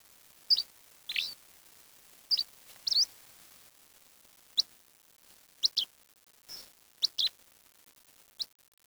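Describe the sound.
Bird chirps: short, sharp high-pitched notes, some single and some paired, scattered irregularly throughout over a quiet background.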